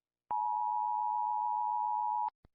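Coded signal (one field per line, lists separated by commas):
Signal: Emergency Alert System (SAME) tones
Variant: 853 and 960 Hz attention tone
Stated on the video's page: Emergency alert tones from various countries' disaster warning systems, including Malaysia.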